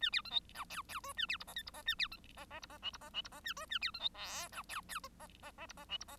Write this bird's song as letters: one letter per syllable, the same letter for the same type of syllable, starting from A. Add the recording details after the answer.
A B C D E F F G A B H I J H I A B C I I H I K H I K H I A G A B C D L E F F I I I H I K H I. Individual Bird1